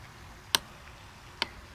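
A 24 Nm torque wrench tightens the matching bolt on the other side of a 2021 Sur Ron X Black Edition electric dirt bike until it clicks. A sharp, bright click at 0.6 s confirms the bolt has reached its torque setting. A second, slightly softer sharp tick follows at 1.4 s over quiet background hiss.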